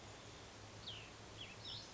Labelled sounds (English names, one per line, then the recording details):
Cassin's Vireo
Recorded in Sonoma County, California